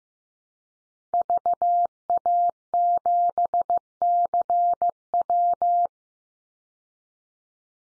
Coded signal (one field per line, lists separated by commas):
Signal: Morse code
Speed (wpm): 15 wpm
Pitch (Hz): 700 Hz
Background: none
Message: VA7CW